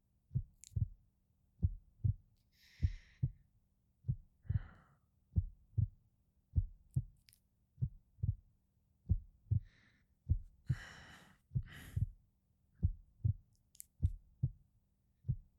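Slow, steady paired heart thumps, about 52 a minute, with occasional soft rustling; a normal adult heartbeat.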